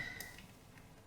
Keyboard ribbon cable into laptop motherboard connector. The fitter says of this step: lock हो गया अच्छी तरह से और